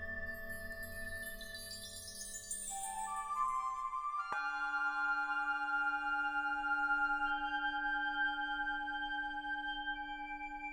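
Tibetan singing bowls ring with long, steady tones and layered, shimmering overtones. Early on, high bright tones fade while some pitches step upward, then a light strike just past four seconds starts a fresh set of sustained tones that hums evenly to the end.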